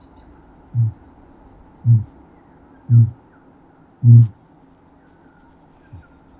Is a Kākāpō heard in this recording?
yes